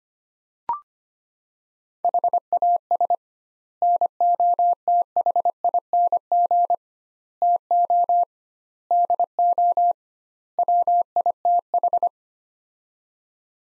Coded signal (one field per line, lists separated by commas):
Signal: Morse code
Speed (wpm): 25 wpm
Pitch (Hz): 700 Hz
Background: none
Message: HAS NOTHING TO DO WITH